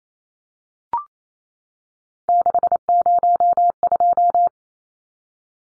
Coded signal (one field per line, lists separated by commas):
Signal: Morse code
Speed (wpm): 28 wpm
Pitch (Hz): 700 Hz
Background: none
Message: 602